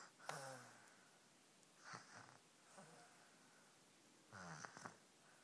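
Quiet, rough, buzzing low-pitched sounds come in short bursts about every one to one and a half seconds, against a faint steady hiss. The vibrating, throaty quality is an adult snoring during sleep at 3am.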